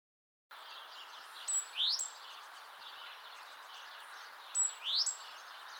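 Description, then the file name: Great tit producing two thin, high phrases, each a level note and an upward-sliding whistle, roughly three seconds apart over a hissy background. "Parus major"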